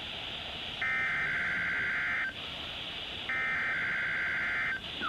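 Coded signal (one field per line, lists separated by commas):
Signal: Emergency Alert System (SAME) tones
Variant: header bursts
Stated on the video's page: Weekly tests sent over NOAA Weather Radio.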